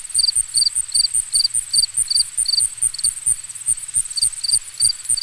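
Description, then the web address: Cricket chirps repeated rapidly, bright high pulses over a constant shrill trill, with soft low rhythmic throbbing underneath. Ambient nature recording of crickets. "Dr Sound Effects. Crickets and Frogs In the Distance"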